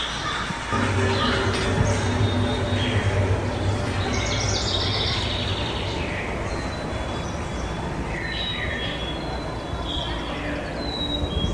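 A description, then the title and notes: Dawn birdsong rises over a constant, dense low rumble that sounds like a train or heavy machinery and never lets up. Bright chirps and short whistled phrases come in clusters, especially around four seconds and again through the last few seconds. We embedded the sound of pipes singing with the wind – air blowing through metal – making a sound which wrapped itself around the birdsong. These pipes are part of an installation sculpture that we found in a Southbank London festival during the autumn. Dawn chorus in Ontario reimagined. Birdsong at dawn and the sounds of nature.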